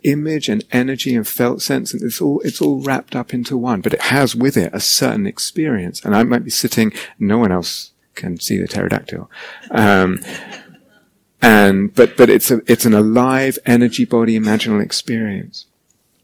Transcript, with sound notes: So image, and energy, and felt sense -- it's all wrapped up into one, but it has with it a certain experience. I might be sitting, and no one else can see the pterodactyl ... [laughter] but it's an alive, energy body, imaginal experience.